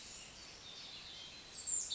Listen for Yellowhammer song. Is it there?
no